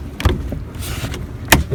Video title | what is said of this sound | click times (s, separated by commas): How To Remove And Install The Front Door Panel On A 2009-2012 Lexus ES 350. | and push it on till you hear click like that. | 1.5 s